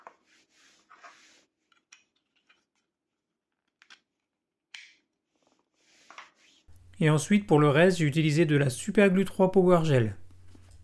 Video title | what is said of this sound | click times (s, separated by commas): Un support de casque 3D en forme de prise JACK géante avec la FlashForge Adventurer 5M Pro | donc comme tout à l'heure l'élément du milieu vient se clipser entre les deux bagues et | 1.9 s, 4.7 s